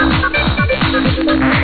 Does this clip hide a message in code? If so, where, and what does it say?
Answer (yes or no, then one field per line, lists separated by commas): no